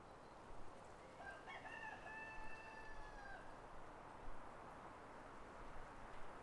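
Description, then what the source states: Rooster crowing one long harmonic crow early on, fairly soft against a broad hiss of background noise. Countryside atmosphere.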